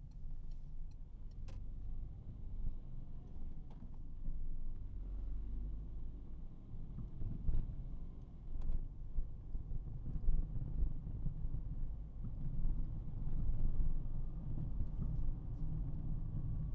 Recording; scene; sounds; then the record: everyday scene through a hearing-aid microphone; in a vehicle; engine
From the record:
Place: Berlingo II, diesel engine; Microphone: behind the ear, right, front